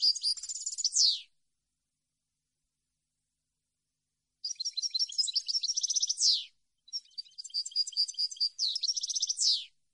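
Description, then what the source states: European goldfinch: a short twittering phrase, a pause of about three seconds, then two linked tinkling phrases with trills, each finishing in a descending sweep. Clean song compiled on a CD, intended for birds to copy.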